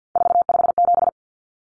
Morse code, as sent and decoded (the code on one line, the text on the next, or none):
....- ..... --...
457